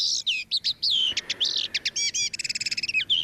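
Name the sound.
common linnet singing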